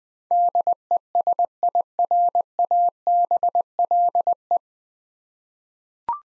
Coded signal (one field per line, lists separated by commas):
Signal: Morse code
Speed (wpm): 20 wpm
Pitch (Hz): 700 Hz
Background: none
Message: DESIRABLE